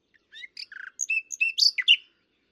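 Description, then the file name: Common nightingale song: one short, varied phrase of whistles, a quick stuttering rattle and sharp high notes, over in about two seconds. "Luscinia megarhynchos"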